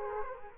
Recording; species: mosquito wingbeat signal from an infrared sensor; Culex quinquefasciatus